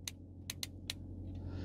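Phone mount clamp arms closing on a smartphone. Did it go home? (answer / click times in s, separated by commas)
yes / 0.1 s, 0.5 s, 0.6 s, 0.9 s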